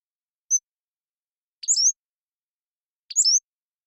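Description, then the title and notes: Pacific-slope flycatcher song: a high thin tick followed by two slurred squeaky phrases, against total silence. Long song sequence captured with a parabolic microphone, processed clean while keeping natural rhythm and pace. "Pacific-Slope Flycatcher, Empidonax difficilis A long song sequence captured with a parabolic"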